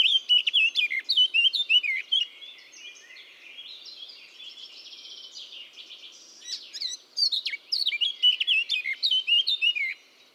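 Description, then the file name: Eurasian blackcap delivering a fast, jumbled warble, then a quieter scratchy passage, then another lively burst of clear whistled and chirping notes. "Sylvia atricapilla"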